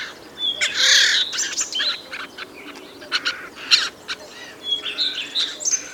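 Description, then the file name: Eurasian jay giving harsh, rasping screeches, one loud burst near the start followed by several shorter scratchy notes. "Garrulus glandarius"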